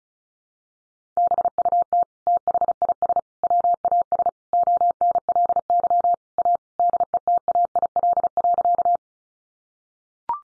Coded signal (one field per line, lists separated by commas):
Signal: Morse code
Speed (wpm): 34 wpm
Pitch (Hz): 700 Hz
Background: none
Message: BUT THIS WAS ONLY A DETAIL.